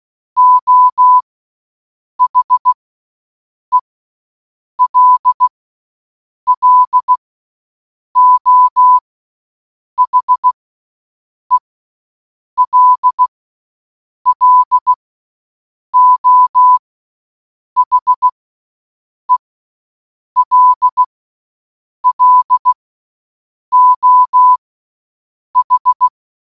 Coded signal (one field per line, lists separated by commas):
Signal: Morse code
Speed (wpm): 16 wpm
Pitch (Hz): 1000 Hz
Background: none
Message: O HELLO HELLO HELLO H